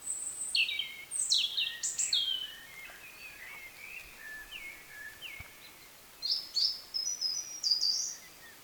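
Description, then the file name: European robin singing a long, varied stream of high, tinkling notes: sharp descending whistles, twittering runs and thin trills in several bursts separated by brief pauses. "Erithacus rubecula"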